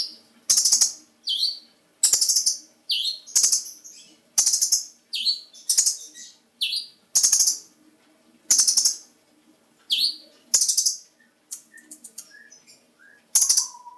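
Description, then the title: Bird giving a long run of chirps: stuttering buzzy bursts and swooping hooked notes, repeated roughly every second or so, with a few softer chips near the end. Described as a small bird. "Burung Kecil"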